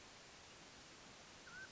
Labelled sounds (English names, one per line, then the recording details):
Mountain Quail
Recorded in Sonoma County, California